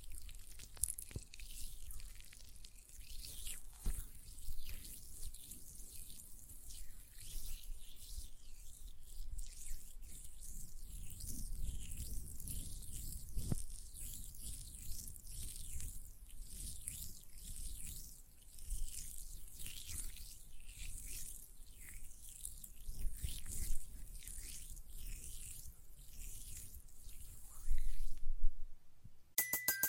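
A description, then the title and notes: Hands work gel lotion in wet, squelching rubs and smacks, with frequent sticky clicks and slips running throughout. The sound stays fairly steady and dense, mixing bright crackle with low soft thumps, and swells slightly near the end before stopping abruptly. ASMR Gel Lotion Hand Sounds (No Talking).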